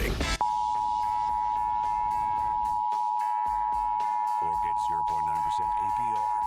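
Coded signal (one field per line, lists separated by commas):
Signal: Emergency Alert System (SAME) tones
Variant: 853 and 960 Hz attention tone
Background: speech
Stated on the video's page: Florida Required Monthly Test relayed by several Miami-area TV stations.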